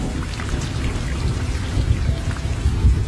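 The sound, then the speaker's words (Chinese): Steady, dense cold rain hisses without pause on a deserted small road at night, with a deep rumble of thunder rolling underneath and swelling a little louder toward the end. No voices. “冰冷的雨滴淅淅沥沥，伴随着爆炸后的浓烟盘桓在这条无人的小路。”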